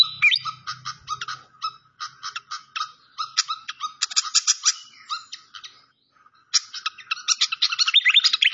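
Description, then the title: Malaysian pied fantail song: fast chattering bursts of squeaky notes, a short pause near six seconds, then more rapid twittering. Training (masteran) song with a clear voice, mixed with the sound of gurgling water. "Masteran Sikatan Kipas Suara Jernih Dan Suara Gemericik Air"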